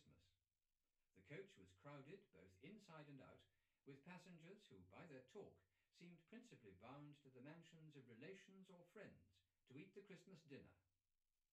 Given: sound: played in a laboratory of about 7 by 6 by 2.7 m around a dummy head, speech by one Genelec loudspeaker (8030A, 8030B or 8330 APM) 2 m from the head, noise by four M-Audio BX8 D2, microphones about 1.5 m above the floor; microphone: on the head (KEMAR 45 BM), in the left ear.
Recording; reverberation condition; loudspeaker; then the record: male speech in English; low; 120 degrees to the right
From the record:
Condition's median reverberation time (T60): about 310 ms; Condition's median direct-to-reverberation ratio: about 3.5 dB